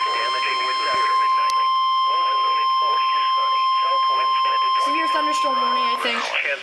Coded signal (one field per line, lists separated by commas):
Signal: Emergency Alert System (SAME) tones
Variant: 1050 Hz attention tone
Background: speech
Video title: NOAA Weather Radio EAS #66: Severe T-Storm Warning